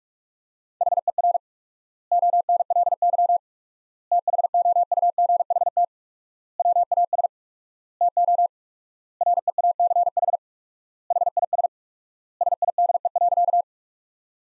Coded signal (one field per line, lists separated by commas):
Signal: Morse code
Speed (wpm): 42 wpm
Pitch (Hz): 700 Hz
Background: none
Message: HER ONLY THOUGHT WAS TO REACH HIS SIDE.